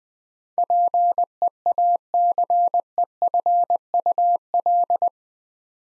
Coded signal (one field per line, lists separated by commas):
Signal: Morse code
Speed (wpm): 21 wpm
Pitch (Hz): 700 Hz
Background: none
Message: PEACEFUL